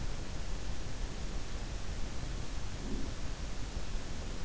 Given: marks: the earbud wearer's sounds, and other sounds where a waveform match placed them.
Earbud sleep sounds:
sounds in sleep by an in-ear microphone; breath
2.35-3.48 s: breath

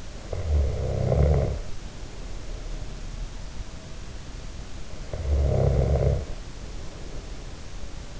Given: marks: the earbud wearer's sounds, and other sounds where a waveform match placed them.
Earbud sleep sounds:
sounds in sleep by an in-ear microphone; snoring breath
0.24-3.37 s: snoring breath
4.76-8.20 s: snoring breath

